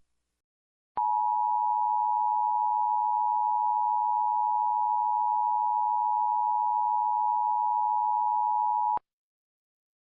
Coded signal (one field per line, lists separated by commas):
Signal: Emergency Alert System (SAME) tones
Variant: 853 and 960 Hz attention tone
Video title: EAS Mock: Verizon FiOS Requried Monthly Test for Wisconsin